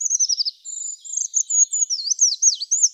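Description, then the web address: Eurasian treecreeper song, very high thin notes in a fast descending trill, then a second phrase of quick rising and falling notes ending with a flourish. "Certhia familiaris"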